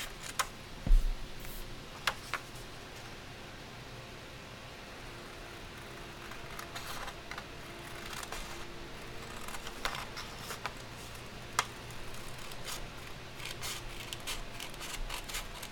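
Candle dressing with shuffling and cutting: small dry clicks, snips and light rustles come at irregular moments, with a sharper knock near the one-second mark. The handling grows busier toward the end. A steady low hum runs beneath everything.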